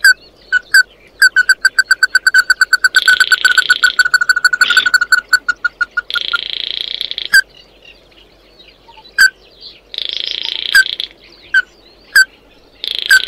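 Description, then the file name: Bird giving a fast run of clipped, ringing notes, then scattered single notes between several rasping, buzzy phrases lasting about a second each. "Tieng chim mat do"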